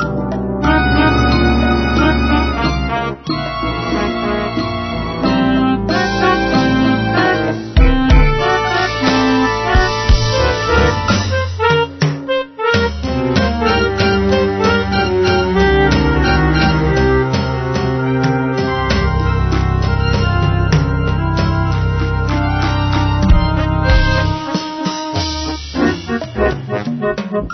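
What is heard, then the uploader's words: A carnival ride with loud, dense music playing throughout, heavy in the low end and dull on top. The sound stays steady and full, with a short break near the middle and a few sharp accents around eight and twenty-three seconds. Carnival ride.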